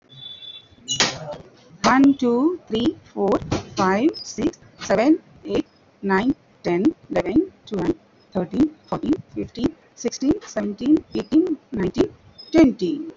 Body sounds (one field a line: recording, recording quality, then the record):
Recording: counting at a normal pace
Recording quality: excellent, no background noise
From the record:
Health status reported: healthy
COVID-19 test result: negative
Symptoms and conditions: cough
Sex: female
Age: 44 years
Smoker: not ticked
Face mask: not worn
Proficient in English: yes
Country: India